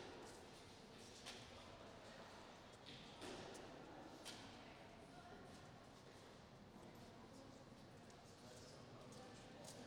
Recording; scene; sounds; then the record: everyday scene through a hearing-aid microphone; reverberant space; background noise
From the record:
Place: railway station hall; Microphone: in the ear canal, right